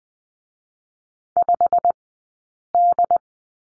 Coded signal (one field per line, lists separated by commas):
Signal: Morse code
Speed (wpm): 20 wpm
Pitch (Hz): 700 Hz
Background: none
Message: 5D